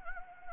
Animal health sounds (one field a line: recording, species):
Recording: mosquito wingbeat signal from an infrared sensor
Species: Anopheles arabiensis